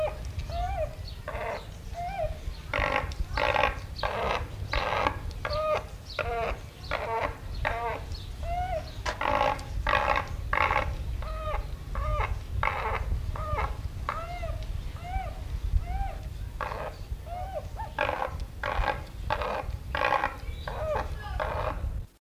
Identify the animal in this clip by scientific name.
Penelope purpurascens